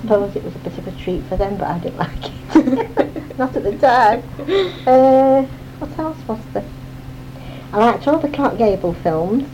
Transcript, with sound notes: And I suppose it was a bit of a treat for them. But I didn't like it. [laughter] Not at the time! Uh, what else was there? I liked all the Clark Gable films.